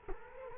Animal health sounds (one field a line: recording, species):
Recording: mosquito wingbeat signal from an infrared sensor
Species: Culex quinquefasciatus